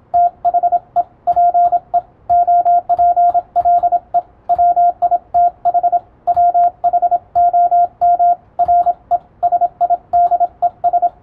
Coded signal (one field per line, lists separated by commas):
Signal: Morse code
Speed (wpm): 27 wpm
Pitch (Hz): 700 Hz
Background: radio noise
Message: THE PEOPLE WITH WHOM RESIDES